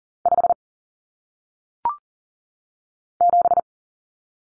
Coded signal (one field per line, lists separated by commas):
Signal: Morse code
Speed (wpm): 40 wpm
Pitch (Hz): 700 Hz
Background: none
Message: 5 7